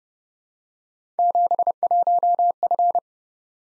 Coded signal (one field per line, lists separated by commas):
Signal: Morse code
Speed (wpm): 29 wpm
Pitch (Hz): 700 Hz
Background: none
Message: 71F